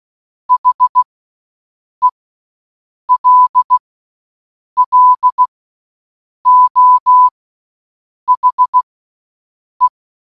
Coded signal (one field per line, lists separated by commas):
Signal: Morse code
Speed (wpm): 16 wpm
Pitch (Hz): 1000 Hz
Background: none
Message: HELLO HE